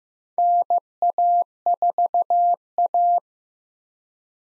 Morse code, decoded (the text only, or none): NA4A